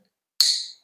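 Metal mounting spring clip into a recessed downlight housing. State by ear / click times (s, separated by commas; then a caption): seated / 0.4 s. A separate metal mounting spring clip for a recessed drywall downlight is pushed into a small hole in the light's housing. It snaps in with a single sharp, bright click at 0.4 s, which rings briefly in the high frequencies and fades within about 0.4 s. The clip is seated.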